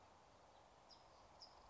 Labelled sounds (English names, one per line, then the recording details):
California Towhee
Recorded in Sonoma County, California